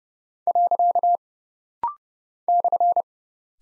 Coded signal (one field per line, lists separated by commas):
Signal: Morse code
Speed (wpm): 30 wpm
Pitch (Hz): 700 Hz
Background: none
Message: . /